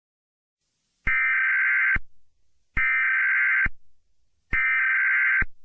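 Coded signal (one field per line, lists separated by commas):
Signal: Emergency Alert System (SAME) tones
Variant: header bursts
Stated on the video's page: Fictional EAS scenario with SAME tones about World War 3.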